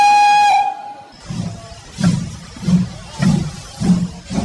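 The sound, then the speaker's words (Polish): A steam locomotive at the railway rolling-stock open-air museum in Chabówka, Poland, sounds a steady, harmonic whistle for about a second, then hissing steam bursts out in a regular chuffing rhythm, five or six loud puffs with no voices. “Są to oczywiście lokomotywy parowe.”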